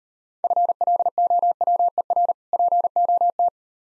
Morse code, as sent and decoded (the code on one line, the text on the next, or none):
..-. .-.. --- .-- . .-. / .--. --- -
FLOWER POT